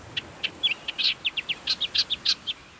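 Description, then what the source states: Millerbird calls: a quick run of short, high chirps and buzzier notes, several a second. Endangered small gray songbird of Laysan and Nihoa; 50 birds were moved from Nihoa to Laysan in the 2010s; the reintroduced birds are named ululu niau in Hawaiian.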